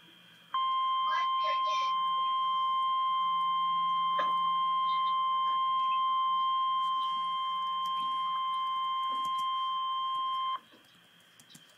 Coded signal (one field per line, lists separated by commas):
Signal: Emergency Alert System (SAME) tones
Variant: 1050 Hz attention tone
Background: speech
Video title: REAL EAS 338-Tornado warning